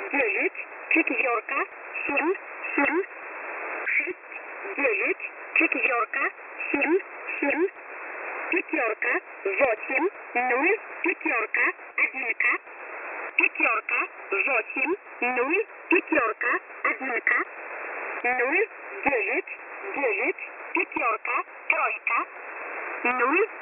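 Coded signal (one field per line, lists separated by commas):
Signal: numbers station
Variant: S11a, English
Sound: synthetic voice reading digits one by one in groups over shortwave radio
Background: radio static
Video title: S11a Message 20/11/2022 0830 UTC 5371kHz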